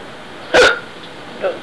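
An adult hiccups: a single sharp, abrupt 'hic' sound, followed by a softer voiced catch.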